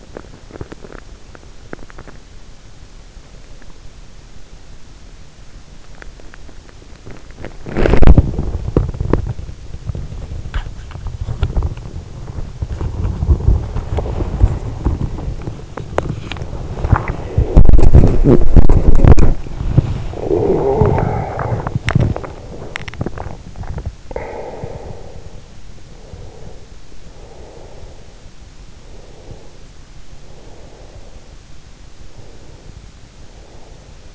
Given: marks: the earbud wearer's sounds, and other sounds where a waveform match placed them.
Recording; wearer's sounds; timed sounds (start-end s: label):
sounds in sleep by an in-ear microphone; teeth grinding, body movement, breath
0.00-0.99 s: teeth grinding
1.33-2.40 s: teeth grinding
6.73-23.99 s: body movement
20.08-22.35 s: breath
23.99-25.44 s: breath
25.81-28.14 s: breath
28.64-31.36 s: breath
32.05-34.14 s: breath